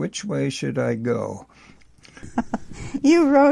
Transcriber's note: laughs